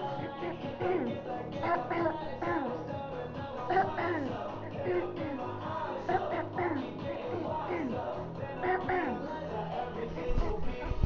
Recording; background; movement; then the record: throat clearing; music; sitting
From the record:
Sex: female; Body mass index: 18.8 kg/m2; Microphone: on the chest, facing outward